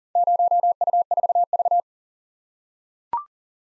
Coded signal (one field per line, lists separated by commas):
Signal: Morse code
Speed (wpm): 41 wpm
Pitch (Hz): 700 Hz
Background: none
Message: 0U4V